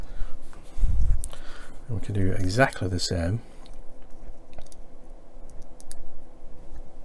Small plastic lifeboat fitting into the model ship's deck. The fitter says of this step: can hear it pop itself into place